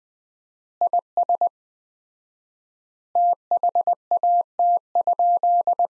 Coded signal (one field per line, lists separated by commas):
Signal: Morse code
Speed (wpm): 20 wpm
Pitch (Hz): 700 Hz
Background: none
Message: IS THAT?